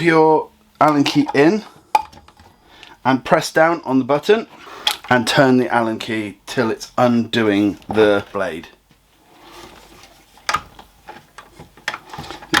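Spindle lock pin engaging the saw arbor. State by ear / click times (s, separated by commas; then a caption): seated / 12.6 s. Someone talks while pressing the spindle lock button on an Evolution Fury 3 miter saw and turning an Allen key on the blade bolt, with sharp metallic ticks heard along the way. At 12.6 s a loud click sounds as the metal lock pin drops in and the spindle lock seats against the saw arbor.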